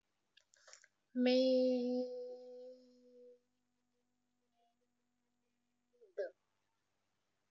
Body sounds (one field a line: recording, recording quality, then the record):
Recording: sustained vowel as in made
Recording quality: excellent, no background noise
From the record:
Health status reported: exposed to COVID-19, no respiratory illness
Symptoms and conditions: none ticked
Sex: female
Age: 27 years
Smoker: not ticked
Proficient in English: yes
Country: India